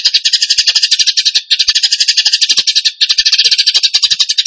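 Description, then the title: Bird song of rapid, buzzy, high rattling notes, continuing with brief breaks. Masteran (training recording) of a bird singing in the gacor tembakan song style. "Masteran Burung Tembakan Gacor"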